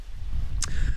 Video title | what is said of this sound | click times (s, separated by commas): 2 Dollar Knife and Sheath Project Part 1 | but I don't like white so we'll slap a coat of black spray paint or something on here for it so pops right in there I like that | 0.6 s